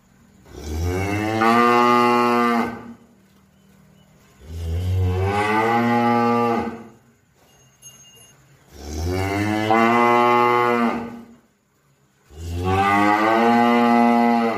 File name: suara sapi